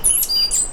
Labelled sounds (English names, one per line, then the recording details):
Stitchbird song
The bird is a male
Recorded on Tiritiri Matangi Island, New Zealand, in 2005
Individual 9, of nest box 11